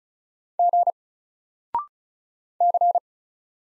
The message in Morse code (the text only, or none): G C